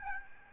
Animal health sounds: mosquito wingbeat signal from an infrared sensor; Aedes albopictus

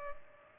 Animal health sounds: mosquito wingbeat signal from an infrared sensor; Culex pipiens

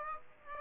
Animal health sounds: mosquito wingbeat signal from an infrared sensor; Aedes aegypti

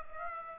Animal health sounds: mosquito wingbeat signal from an infrared sensor; Aedes aegypti

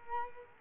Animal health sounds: mosquito wingbeat signal from an infrared sensor; Culex quinquefasciatus

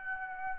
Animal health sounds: mosquito wingbeat signal from an infrared sensor; Aedes aegypti

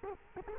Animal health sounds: mosquito wingbeat signal from an infrared sensor; Culex quinquefasciatus

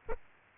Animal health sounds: mosquito wingbeat signal from an infrared sensor; Aedes albopictus

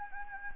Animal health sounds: mosquito wingbeat signal from an infrared sensor; Anopheles gambiae

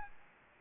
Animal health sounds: mosquito wingbeat signal from an infrared sensor; Anopheles gambiae

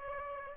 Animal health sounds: mosquito wingbeat signal from an infrared sensor; Aedes aegypti

